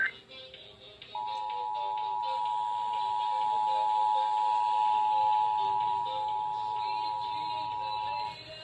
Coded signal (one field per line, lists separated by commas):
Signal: Emergency Alert System (SAME) tones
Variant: 853 and 960 Hz attention tone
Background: music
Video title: REQUIRED MONTHLY TEST SUCCESSFUL - EAS Alert Tests From 4/20/23 (EAS #8-12)